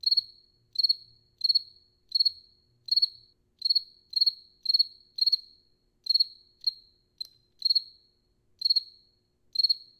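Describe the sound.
Cricket chirping, high trilled pulses repeated in a fairly regular series with brief irregular gaps, otherwise quiet.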